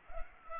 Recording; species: mosquito wingbeat signal from an infrared sensor; Culex pipiens